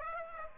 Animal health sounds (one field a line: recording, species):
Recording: mosquito wingbeat signal from an infrared sensor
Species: Aedes aegypti